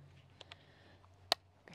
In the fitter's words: put a down until it clicks on the other side do the same